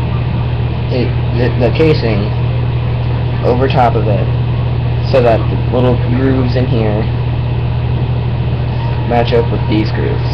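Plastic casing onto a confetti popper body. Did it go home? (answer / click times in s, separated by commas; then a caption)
no / none. A plastic casing is positioned over a confetti popper body so the casing's grooves line up with the popper's grooves, ready to be pushed on; nothing has been pushed on or clicked yet. Someone talks throughout over a steady low hum like an idling engine.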